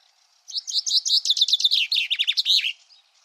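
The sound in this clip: Common chaffinch singing a rapid, descending run of crisp notes that ends in a final flourish.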